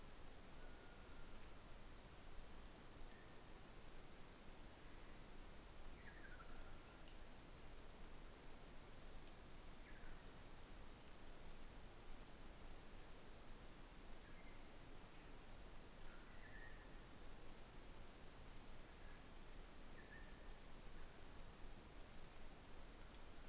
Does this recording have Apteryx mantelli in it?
no